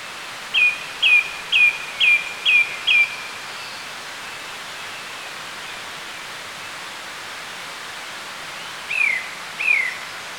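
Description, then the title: Song Thrush song: six crisp, identical short notes repeated about twice a second, silence, then two slurred descending notes. "Sylvain Jaskowiak - Mes piafs. Grive musicienne"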